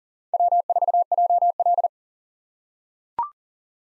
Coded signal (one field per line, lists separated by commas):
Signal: Morse code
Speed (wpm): 40 wpm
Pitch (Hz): 700 Hz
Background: none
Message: W4JL